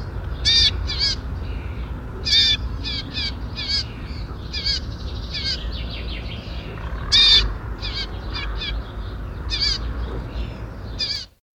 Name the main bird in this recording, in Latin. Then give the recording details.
Hippolais icterina. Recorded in the wild. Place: Bergen, Insel Rügen, Mecklenburg-Vorpommern, DE. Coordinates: 54.415, 13.426. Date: 1972-07-02 07:15. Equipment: Nagra III BH, Sennheiser MD 21, parabola. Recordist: Schubert, Michael. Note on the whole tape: gerade ausgeflogener Gelbspötter